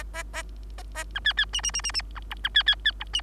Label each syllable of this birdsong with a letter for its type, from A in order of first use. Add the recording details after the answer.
A A B C C D D D D D B E B C C C E D. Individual Bird3